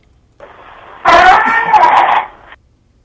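In a paranormal voice recording made at home, a harsh, heavily distorted voice screams out a single drawn-out cry, loud and saturated with gritty overtones, rising sharply after a low murmur and cutting off abruptly after about a second and a half.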